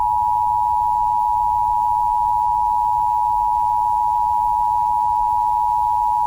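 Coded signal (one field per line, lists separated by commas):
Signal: Emergency Alert System (SAME) tones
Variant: 853 and 960 Hz attention tone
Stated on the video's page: Fictional simulated nuclear war EAS scenario, not a real alert.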